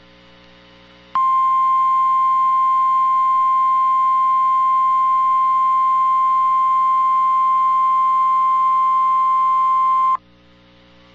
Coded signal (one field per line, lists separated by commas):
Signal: Emergency Alert System (SAME) tones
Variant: 1050 Hz attention tone